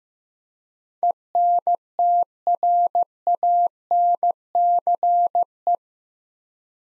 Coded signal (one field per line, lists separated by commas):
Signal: Morse code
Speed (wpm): 16 wpm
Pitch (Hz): 700 Hz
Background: none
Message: ENTRANCE